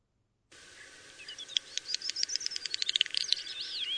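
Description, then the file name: Common snipe calling in a fast series of sharp, dry ticking notes that build in loudness, with a sweeping whistled note at the end. "Beccaccino"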